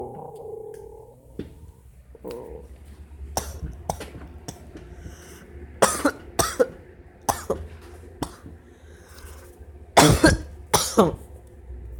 Teenager coughing.